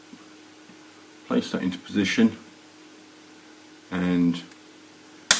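Someone talks while a plastic or metal fitting on the radiator assembly of a 1999 Hayabusa motorcycle's cooling system is placed into position and gently pushed home. A sharp snap at 5.3 seconds marks the fitting seating.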